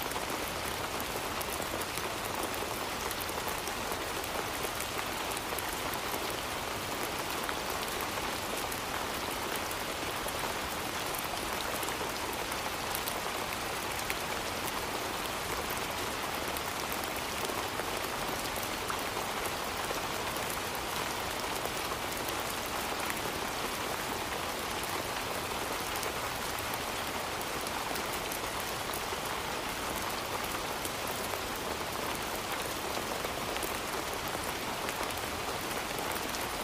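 Summer rain falls steadily and densely on a surface, a constant bright hiss with fine pattering drops and no pauses throughout.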